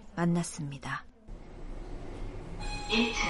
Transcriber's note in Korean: 녹취: 엘리베이터 현장음